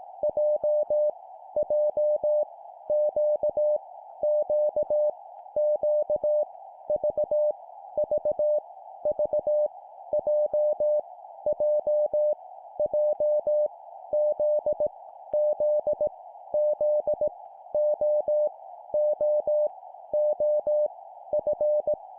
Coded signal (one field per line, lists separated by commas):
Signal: Morse code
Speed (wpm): 18 wpm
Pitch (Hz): 600 Hz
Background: none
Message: J J Q Q Q V V V J J J Z Z Z O O O F